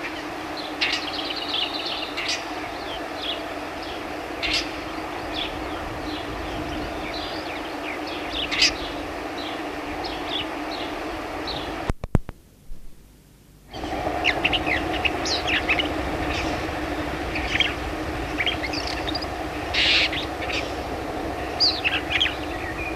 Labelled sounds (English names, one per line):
Lesser Grey Shrike call